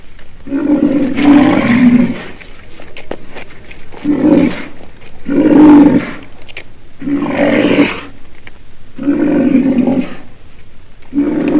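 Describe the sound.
Black rhinoceros growling calls: several harsh, rasping bellows, each about a second long, separated by short quiet gaps.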